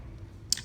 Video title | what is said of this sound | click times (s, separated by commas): Hand Grinder Safety 4 - Inspecting and Properly Mounting Grinder Wheels | and it eventually locks in place | 0.5 s